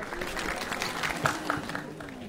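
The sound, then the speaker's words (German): An audience at the Yiddish theatre in Tel Aviv, most of them well over 60 with a few teenagers, applauds steadily, a dense patter of many hands clapping with a few sharper claps standing out, sustained at a moderate level throughout. “Das jiddische Theater von Tel Aviv. Das Durchschnittsalter der Zuschauer ist weit über 60.”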